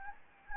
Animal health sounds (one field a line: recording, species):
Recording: mosquito wingbeat signal from an infrared sensor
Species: Anopheles gambiae